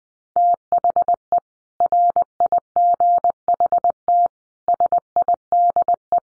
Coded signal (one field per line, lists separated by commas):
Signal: Morse code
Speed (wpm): 20 wpm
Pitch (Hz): 700 Hz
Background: none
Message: THE RIGHT SIDE